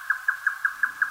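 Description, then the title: Grey nightjar song: a rapid, even series of hollow, clucking notes repeated about five times a second, steady in pitch, with no other clear sounds. Recorded at Zao, Japan. "蔵王のヨタカ"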